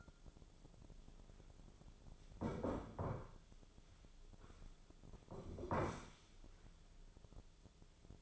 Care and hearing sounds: daily activity, microphone in the room; sit down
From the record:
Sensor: 5

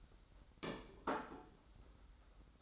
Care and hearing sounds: daily activity, microphone in the room; place plate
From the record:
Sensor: 3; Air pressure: 991.7 hPa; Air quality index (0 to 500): 179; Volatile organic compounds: 1000 ppm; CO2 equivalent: 5993 ppm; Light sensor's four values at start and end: 34/97/39/34 and 34/97/39/33

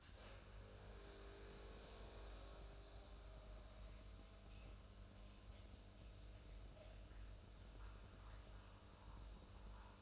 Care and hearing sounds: daily activity, microphone in the room; make coffee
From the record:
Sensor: 2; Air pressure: 994.4 hPa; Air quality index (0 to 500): 210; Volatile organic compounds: 1000 ppm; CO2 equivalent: 6942 ppm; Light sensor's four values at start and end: 139/332/141/146 and 140/333/141/146

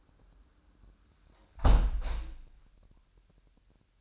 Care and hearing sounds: daily activity, microphone in the room; close window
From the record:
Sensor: 2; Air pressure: 998.4 hPa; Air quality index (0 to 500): 135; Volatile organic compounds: 3 ppm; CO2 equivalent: 1536 ppm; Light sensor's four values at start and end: 7/16/7/8 and 7/16/7/7

